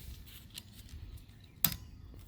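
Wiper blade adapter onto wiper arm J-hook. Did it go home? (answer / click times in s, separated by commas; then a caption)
yes / 1.7 s. On an Acura TL, the wiper blade's plastic adapter is slid up onto the metal J-hook of the wiper arm, with faint scraping and small ticks beforehand. One sharp, loud click rings out at 1.7 seconds as the adapter seats onto the hook.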